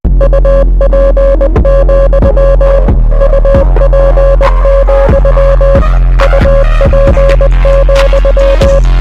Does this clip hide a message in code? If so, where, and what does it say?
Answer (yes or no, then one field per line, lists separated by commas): yes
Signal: Morse code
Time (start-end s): 0.2-8.8 s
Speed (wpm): 20 wpm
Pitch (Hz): 550 Hz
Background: music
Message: UP, UP, UP,